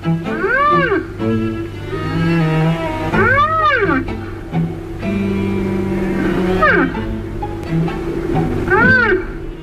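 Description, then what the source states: Rhinoceros calls: high, arched squealing notes rising and falling, given several times over a steady low hum. Large beast native to Africa and Asia, weighing up to four tons; its sound is much like the rhinoceros auklet's.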